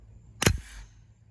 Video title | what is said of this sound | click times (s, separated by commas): “Grand Master” Jay is full of shit. Here’s why | the bolt slammed home | 0.5 s